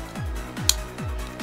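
A new-style plastic building element is slid through and pushed down the center of a hand connector assembly. Over a repeating electronic music track with low, pulsing beats, it snaps into place with one sharp, loud click at 0.7 s, showing it is seated.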